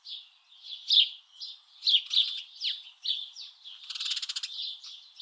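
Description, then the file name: House Sparrow chirps, irregular bright notes, then a brief buzzy rattling burst near the end before chirping resumes. "Passer domesticus"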